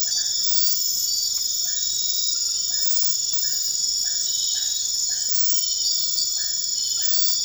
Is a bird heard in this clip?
no